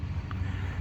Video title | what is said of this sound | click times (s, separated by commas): F250 to F550 Tow Mirror Installation 2011-2016 Trail Ridge from 1AAuto | got these mirrors covers actually snapped back in like they're supposed to | 0.3 s